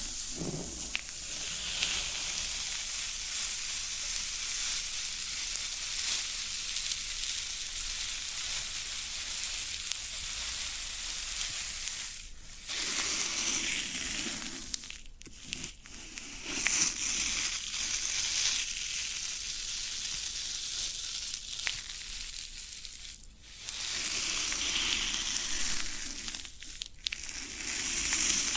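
Floral foam being pressed and crumbled, giving a dense, steady crackling fizz that sits mostly in the bright upper range. Short breaks or dips come around 12, 15, 23 and 27 seconds, with crisp snaps scattered throughout.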